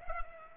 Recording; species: mosquito wingbeat signal from an infrared sensor; Culex pipiens